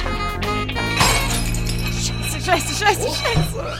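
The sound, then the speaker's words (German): A bowl, being put back into the cupboard, falls to the floor and shatters with a sharp, bright crash, followed by brief tinkling debris while voices talk over a steady low hum. “Oh Mann, ist die Schale runtergefallen.”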